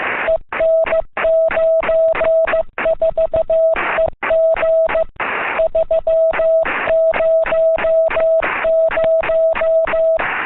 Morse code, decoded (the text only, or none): EN94EG 300